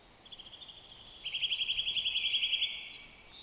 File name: Sitta europaea